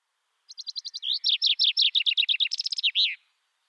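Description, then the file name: Common chaffinch song: several quick high notes, then a series of louder downslurred notes, ending in a brief flourish. "Fringilla coelebs"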